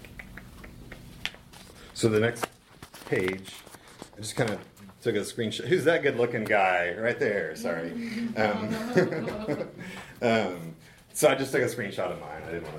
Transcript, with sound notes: So, the next page, just kind of took a screenshot – who’s that good-looking guy right there? Sorry. [Laughter] So, I just took a screenshot of mine.